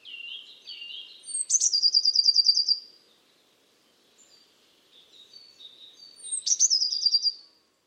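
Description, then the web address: Eurasian blue tit giving lower slurred notes followed by a sharp high note and a fast rattling trill, repeated twice with faint soft notes between. "Deverinetal 2025 File origin Bird Only Cy Ca"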